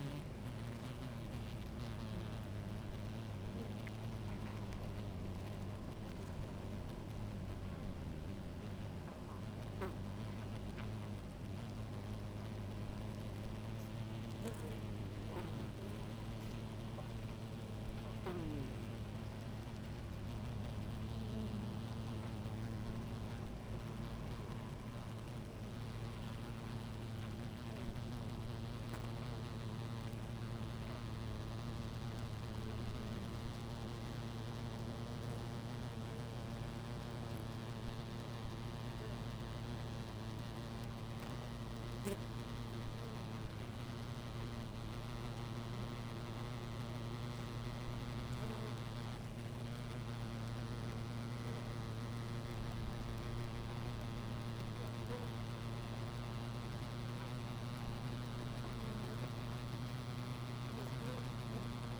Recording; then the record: honeybee colony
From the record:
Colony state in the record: active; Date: 28 July 2017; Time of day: 17:13